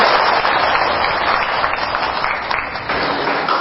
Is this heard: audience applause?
yes